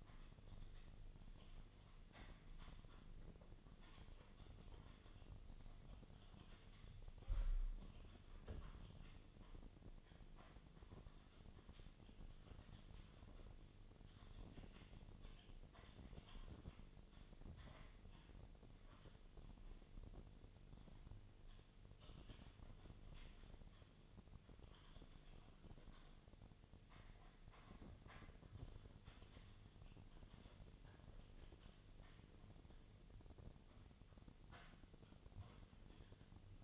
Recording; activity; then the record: daily activity, microphone in the room; typing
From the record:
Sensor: 4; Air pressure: 1010.3 hPa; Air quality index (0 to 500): 179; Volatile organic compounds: 5 ppm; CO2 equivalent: 1818 ppm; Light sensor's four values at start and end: 32/95/37/37 and 32/96/37/37